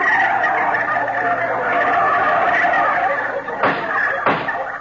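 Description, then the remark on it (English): A dense chorus of turkeys gobbling together as the jury in a courtroom scene of a Jack Benny radio comedy, a warbling, clucking racket that stays loud throughout, with two sharp bursts of louder gobbles near the end. “And look, the jury, they're all turkeys, too.”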